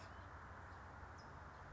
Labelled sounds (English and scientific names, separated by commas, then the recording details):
California Towhee (Melozone crissalis)
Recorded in Sonoma County, California